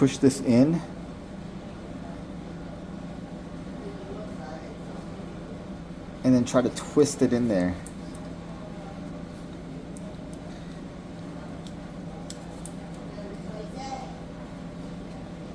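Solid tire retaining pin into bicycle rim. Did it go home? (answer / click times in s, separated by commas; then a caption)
no / none. A retaining pin for a Tannus solid (airless) bicycle tire is pushed into the bicycle rim and twisted while someone talks over a steady background hum. Several faint, short handling ticks follow between about 10.0 and 12.7 s, but the pin has not seated or snapped in yet.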